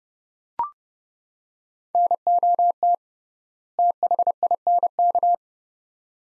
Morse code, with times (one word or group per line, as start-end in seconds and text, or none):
1.9-2.9 NOT
3.8-5.3 THINK